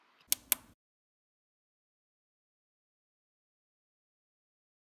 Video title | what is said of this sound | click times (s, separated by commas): HP 15-BS Keyboard Keycap Installation guide HP HC55 | Center the keycap over the hinge. Once aligned, push down, and it should snap into place. | 0.3 s, 0.5 s